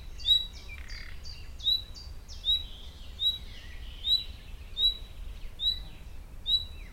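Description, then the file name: Common nightingale giving repeated high whistled notes at slightly uneven intervals, mixed with buzzy chirps and trills from other birds. "Luscinia megarhynchos"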